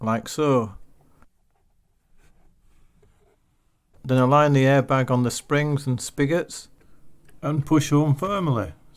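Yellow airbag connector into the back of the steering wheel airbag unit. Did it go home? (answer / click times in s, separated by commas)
yes / 1.2 s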